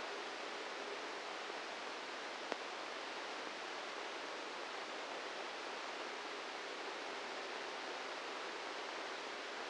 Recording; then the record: brain microelectrode recording played as sound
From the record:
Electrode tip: inside the subthalamic nucleus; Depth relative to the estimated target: -2 mm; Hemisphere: left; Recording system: NeuroSet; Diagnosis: Parkinson's disease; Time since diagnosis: 8 years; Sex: male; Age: 58 years